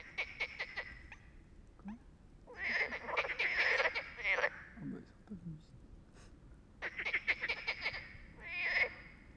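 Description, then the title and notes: Frogs give short rattling croak bursts separated by quiet gaps, with faint low sounds in between. Frogs singing all night at a small pond beside the Loire near Bréhémont, France; they ignored the recordist's attempts to make them answer; sing when distant freight trains pass; Oktava MK012 ORTF, MixPre, Zoom H4n. "37130 Bréhémont, France - Trying to communicate with Frogs. Nous avions établis le camp à coté d'un étang peuplé de grenouilles qui se sont mise à chanter toute la nuit. Elles se mettent cependant à chanter lorsqu'un train de marchandises passe au loin. A little pond next to the river Loire"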